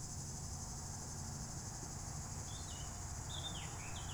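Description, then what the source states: Cicadas producing a constant high shrill buzz, while a bird adds a few short chirps near the end over low road rumble. Cicadas very active in the heat beside the RD 991 road near Lac du Bourget, cliff side, Entrelacs, France; vehicles passing on the new road.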